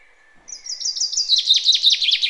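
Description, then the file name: Common chaffinch song starting with high, evenly spaced notes that speed into a denser, descending trill; the phrase is cut off before its ending. "Fringilla coelebs"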